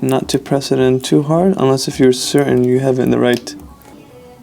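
Someone talks while the screen's flex cable connectors are handled over their sockets on an iPad (Gen 5–9) logic board, followed by a quieter stretch of handling with faint ticks near 3.8 and 4.4 seconds. The connector has not been pressed home yet, so nothing has seated or clicked.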